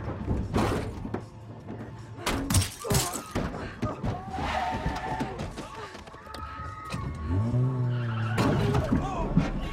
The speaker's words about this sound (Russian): Она его переезжает машиной.